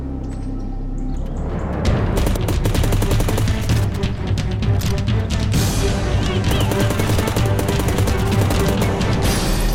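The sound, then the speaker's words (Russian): After a brief low rumble, a loud barrage of rapid automatic gunfire erupts and keeps going, dense overlapping shots from several fighters riddling a car for about eight seconds without letup. “вместе с бойцами расстреляли машину и скрылись.”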